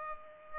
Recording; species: mosquito wingbeat signal from an infrared sensor; Culex pipiens